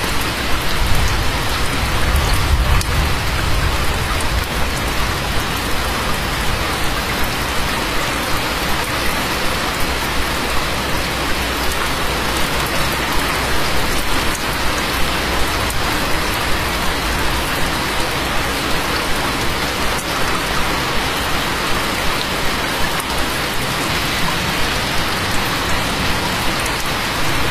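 Steady, dense rain falls outside a window, a constant even hiss with drops pattering throughout and a brief low rumble near the start.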